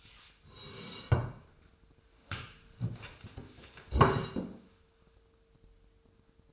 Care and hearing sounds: daily activity, microphone in the room; sit down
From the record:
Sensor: 2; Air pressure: 1005.1 hPa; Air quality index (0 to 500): 98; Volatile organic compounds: 2 ppm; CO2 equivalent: 1190 ppm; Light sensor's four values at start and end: 7/16/7/7 and 8/19/8/8

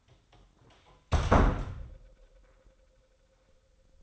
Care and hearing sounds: daily activity, microphone in the room; close door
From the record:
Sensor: 3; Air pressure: 996.1 hPa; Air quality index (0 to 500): 42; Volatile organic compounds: 1 ppm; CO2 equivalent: 800 ppm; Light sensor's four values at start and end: 14/34/14/15 and 14/34/14/14

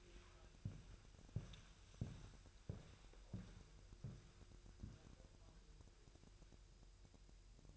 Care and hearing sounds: daily activity, microphone in the room; walk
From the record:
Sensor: 2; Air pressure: 1001.9 hPa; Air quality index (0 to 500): 234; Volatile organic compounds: 64 ppm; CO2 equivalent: 3464 ppm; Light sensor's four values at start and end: 7/17/7/8 and 7/17/7/8

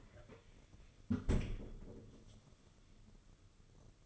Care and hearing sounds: daily activity, microphone in the room; close fridge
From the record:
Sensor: 4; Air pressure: 995.3 hPa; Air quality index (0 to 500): 212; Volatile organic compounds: 228 ppm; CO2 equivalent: 4300 ppm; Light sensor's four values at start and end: 27/88/32/35 and 30/95/35/38

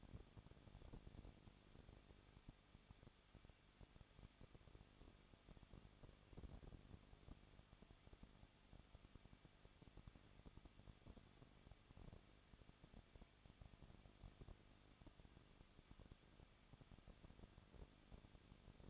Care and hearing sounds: daily activity, microphone in the room; no activity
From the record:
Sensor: 4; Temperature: 23.1 degrees Celsius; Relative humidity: 34.1%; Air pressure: 1007.2 hPa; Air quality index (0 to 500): 214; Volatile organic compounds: 14 ppm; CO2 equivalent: 2470 ppm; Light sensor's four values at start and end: 2/3/1/1 and 2/3/1/1

